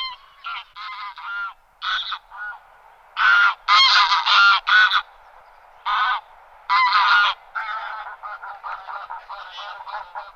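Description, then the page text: Greylag goose giving loud nasal honks in irregular bursts, some single and some in quick runs, with brief quiet gaps between and softer cackles toward the end. "Голоса птиц - Серый гусь (Anser anser)"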